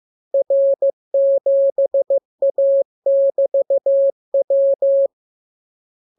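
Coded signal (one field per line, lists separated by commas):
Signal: Morse code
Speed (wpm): 15 wpm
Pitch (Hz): 550 Hz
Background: none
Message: R7A<BT>W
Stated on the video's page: Morse lesson 33: characters sounded first, then a radiogram opening with VVV and =, ending with AR.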